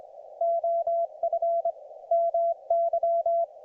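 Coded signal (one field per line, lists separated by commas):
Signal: Morse code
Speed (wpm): 24 wpm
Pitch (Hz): 680 Hz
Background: none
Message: OF MY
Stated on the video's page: Ragchew QSO on 40m using a YouKits HB-1B QRP transceiver and NVIS inverted-V dipole fed with twisted pair.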